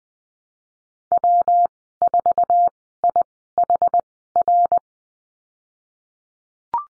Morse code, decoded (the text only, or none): W 4 I H R